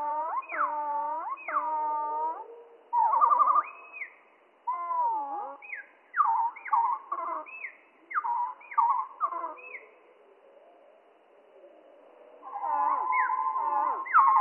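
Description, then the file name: Spotted flycatcher song slowed far down, heard as low, sliding, hooting whistles and warbled phrases in bursts, with a pause before a sustained whistled passage at the end. Slowed down by three octaves; mono. "GOBE MOUCHE GRIS MOINS TROIS OCTAVES"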